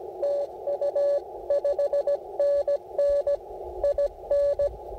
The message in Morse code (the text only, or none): TU 5NN IN